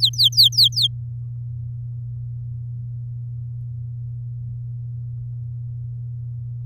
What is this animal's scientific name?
Serinus canaria